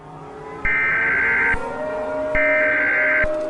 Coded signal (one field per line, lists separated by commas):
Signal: Emergency Alert System (SAME) tones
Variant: header bursts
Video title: Megami Saikou - An EAS scenario (Valentine's Day Special)